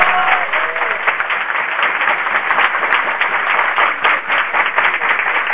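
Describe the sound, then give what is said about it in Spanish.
Sustained applause from a group of people during a Justice Committee meeting of a legislature on a gender identity bill, a steady dense patter of many hands clapping at once, with a few faint voices mixed in. “Dejemos los aplausos para el recinto cuando demos media sanción.”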